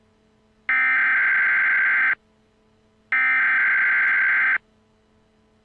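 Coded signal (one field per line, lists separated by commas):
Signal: Emergency Alert System (SAME) tones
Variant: header bursts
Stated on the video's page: Fictional EAS scenario about aliens coming to Earth.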